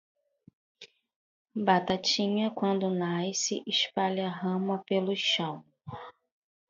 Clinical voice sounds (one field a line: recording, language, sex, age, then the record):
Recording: short text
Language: Brazilian Portuguese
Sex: female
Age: 30 to 39 years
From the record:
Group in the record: control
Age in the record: 37 years